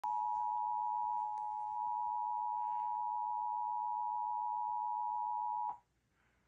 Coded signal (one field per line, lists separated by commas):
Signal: Emergency Alert System (SAME) tones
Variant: 853 and 960 Hz attention tone